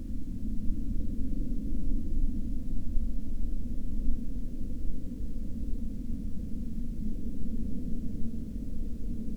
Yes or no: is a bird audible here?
no